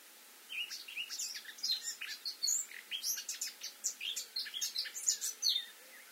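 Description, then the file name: Eurasian blackcap song, a fast run of varied chirps, trills and sweeping notes that keeps going almost without a break. "Sylvia atricapilla"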